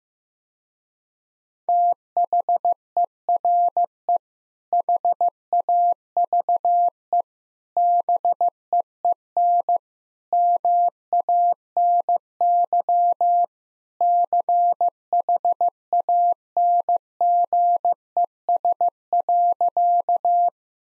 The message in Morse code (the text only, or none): THERE HAVE BEEN MANY CHANGES.